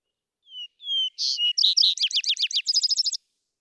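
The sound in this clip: Vesper sparrow song: two soft, low whistled notes, then louder higher notes, breaking into a jumbled series of slurred phrases and ending in a fast, high trill.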